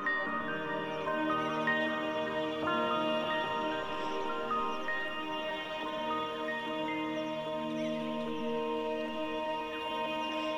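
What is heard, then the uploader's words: Gentle music of layered, long-held tones at an even, steady level, with chords shifting softly every few seconds and light high chirps now and then. Gentle Harmony of Birds and Music.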